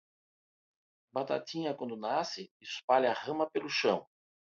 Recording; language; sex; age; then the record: short text; Brazilian Portuguese; male; 60 to 69 years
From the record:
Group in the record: control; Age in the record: 60 years